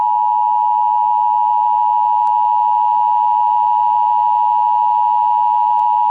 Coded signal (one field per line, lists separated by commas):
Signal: Emergency Alert System (SAME) tones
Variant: 853 and 960 Hz attention tone